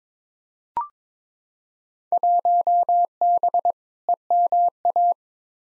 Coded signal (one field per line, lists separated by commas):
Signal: Morse code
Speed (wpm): 22 wpm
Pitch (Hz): 700 Hz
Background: none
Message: 1B EMA